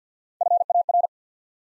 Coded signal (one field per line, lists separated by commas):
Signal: Morse code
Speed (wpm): 50 wpm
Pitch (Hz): 700 Hz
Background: none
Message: F A R